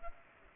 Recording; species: mosquito wingbeat signal from an infrared sensor; Culex pipiens